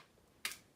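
The handle lock latch on a heavy-duty metal Stanley manual staple gun is freed when the handle is squeezed slightly, giving one sharp click at 0.5 s in otherwise quiet air. The lock releases and the handle springs open and extends, ready for use.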